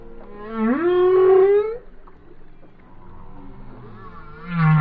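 Whale song: a rising harmonic wail that levels off, a quiet pause with soft moaning, then a low groan beginning at the end.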